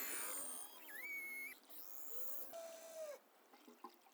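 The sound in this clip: Beluga whale calls: high whistles, a flat tone that rises and holds, then a lower arched whistle, mixed with crackling clicks and chirps that fade toward the end.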